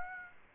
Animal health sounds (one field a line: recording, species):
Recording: mosquito wingbeat signal from an infrared sensor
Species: Aedes aegypti